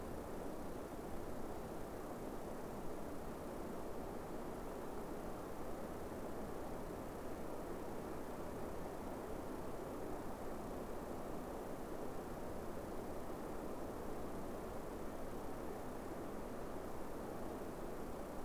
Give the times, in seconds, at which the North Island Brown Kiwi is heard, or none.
none